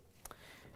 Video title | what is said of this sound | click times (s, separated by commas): Samsung Dryer Steam Water Valve Kit DC97-16919A Replacement | All you have to do is push them together so they lock into place. Make sure you get a good connection. | 0.3 s